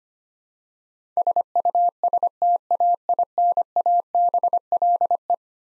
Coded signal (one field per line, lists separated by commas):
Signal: Morse code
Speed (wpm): 25 wpm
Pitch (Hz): 700 Hz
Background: none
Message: SUSTAINABLE